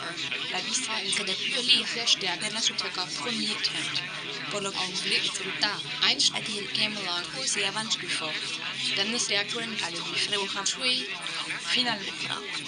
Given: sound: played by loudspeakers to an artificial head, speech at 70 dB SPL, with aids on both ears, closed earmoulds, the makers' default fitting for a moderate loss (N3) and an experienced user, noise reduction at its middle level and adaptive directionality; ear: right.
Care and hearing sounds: speech test signal (ISTS) in cocktail-party noise; 0 dB; on the right (90 degrees)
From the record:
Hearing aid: class 2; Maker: A

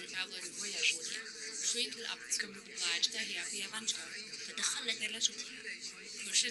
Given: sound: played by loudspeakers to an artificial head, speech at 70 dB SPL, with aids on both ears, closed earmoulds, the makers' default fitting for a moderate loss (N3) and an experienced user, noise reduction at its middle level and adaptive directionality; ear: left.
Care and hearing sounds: speech test signal (ISTS) in cocktail-party noise; -3 dB; in front (0 degrees)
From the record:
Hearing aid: class 1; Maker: H

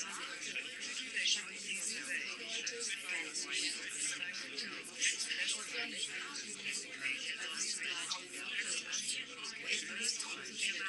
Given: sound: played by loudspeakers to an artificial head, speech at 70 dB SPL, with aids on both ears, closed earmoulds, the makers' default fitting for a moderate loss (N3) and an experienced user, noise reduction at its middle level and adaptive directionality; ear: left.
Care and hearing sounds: speech test signal (ISTS) in cocktail-party noise; -6 dB; on the right (90 degrees)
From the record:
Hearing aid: class 1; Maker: J

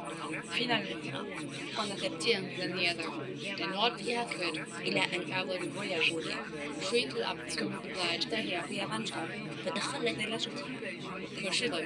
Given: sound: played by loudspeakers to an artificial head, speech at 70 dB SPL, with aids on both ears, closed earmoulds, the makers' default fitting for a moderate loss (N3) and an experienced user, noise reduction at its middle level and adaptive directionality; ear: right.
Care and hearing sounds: speech test signal (ISTS) in cocktail-party noise; -6 dB; on the right (90 degrees)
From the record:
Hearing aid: class 2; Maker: C

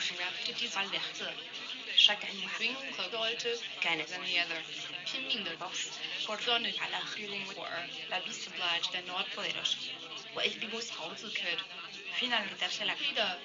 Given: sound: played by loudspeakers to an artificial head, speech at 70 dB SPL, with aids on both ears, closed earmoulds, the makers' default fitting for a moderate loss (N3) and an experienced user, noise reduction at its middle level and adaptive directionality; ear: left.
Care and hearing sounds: speech test signal (ISTS) in cocktail-party noise; +6 dB; in front (0 degrees)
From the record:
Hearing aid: class 1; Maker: G

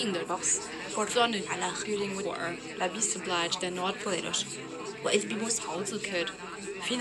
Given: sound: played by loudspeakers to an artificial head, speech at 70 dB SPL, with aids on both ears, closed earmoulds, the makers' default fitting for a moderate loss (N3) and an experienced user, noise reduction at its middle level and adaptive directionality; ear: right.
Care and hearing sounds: speech test signal (ISTS) in cocktail-party noise; -3 dB; in front (0 degrees)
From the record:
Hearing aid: class 2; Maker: E

